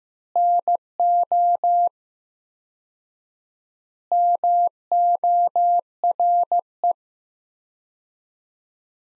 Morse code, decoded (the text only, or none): NO MORE